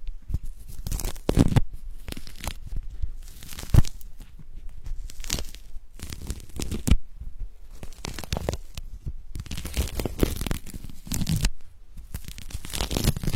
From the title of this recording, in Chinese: 剥橘子